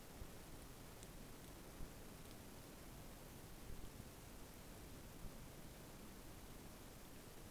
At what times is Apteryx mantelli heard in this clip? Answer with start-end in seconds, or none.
none